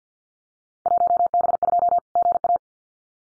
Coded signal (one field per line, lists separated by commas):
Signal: Morse code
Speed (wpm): 50 wpm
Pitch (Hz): 700 Hz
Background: none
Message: 1B2 GA